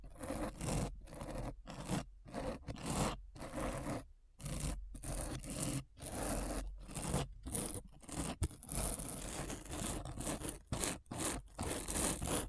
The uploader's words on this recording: ASMR Deep Brain Scratch (No Talking).